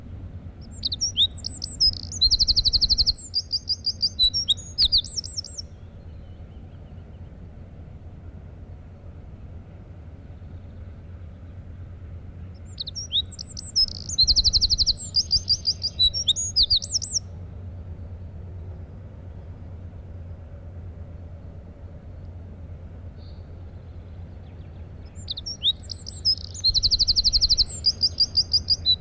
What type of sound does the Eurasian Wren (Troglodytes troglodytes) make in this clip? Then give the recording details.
song. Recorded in the wild. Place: Monheim am Rhein, Nordrhein-Westfalen, DE. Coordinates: 51.09, 6.89. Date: 1995-04-22. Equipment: Sony WM-D6C. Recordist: Skiba, Reinald. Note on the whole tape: Monheim